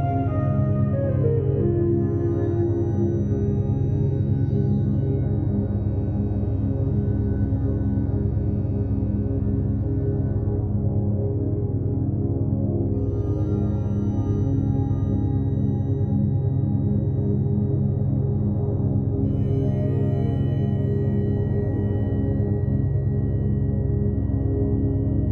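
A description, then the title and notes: Binaural beats form a steady, dense low drone of layered sustained tones, with a brief rising tone near the start and faint bright tones entering later. Morning binaural beats tuned to the beta frequency range.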